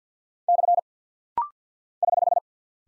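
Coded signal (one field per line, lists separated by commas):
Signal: Morse code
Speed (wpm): 50 wpm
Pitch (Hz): 700 Hz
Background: none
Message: / <HH>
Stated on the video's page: Rapid-fire Morse drill of punctuation and prosign characters at 50 wpm, each sent twice, for instant character recognition.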